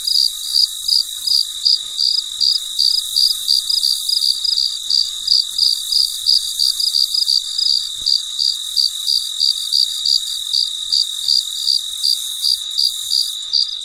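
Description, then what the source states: Cricket chirps repeated steadily near three times a second, above an unbroken high-pitched chorus of insects. Late at night, in deep quiet.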